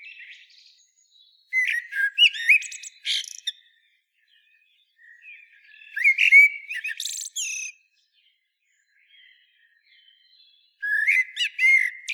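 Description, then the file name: Common blackbird song with three phrases separated by pauses of a few seconds, low whistled notes followed by high, squeaky twittering; the last phrase is cut off. "Turdus merula"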